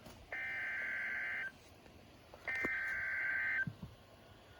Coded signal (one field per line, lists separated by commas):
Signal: Emergency Alert System (SAME) tones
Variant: header bursts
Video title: Severe thunderstorm warning (EAS #025)(Warning #033) (Cayuga)